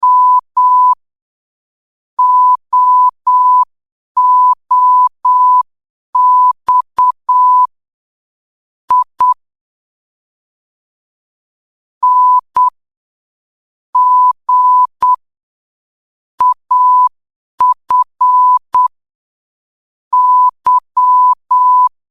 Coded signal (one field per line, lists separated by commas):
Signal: Morse code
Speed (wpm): 8 wpm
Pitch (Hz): 1000 Hz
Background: none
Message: M OOX I N G AF Y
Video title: Signal Post | Morse Code for Beginners Level 2.... Part 1 #signalpost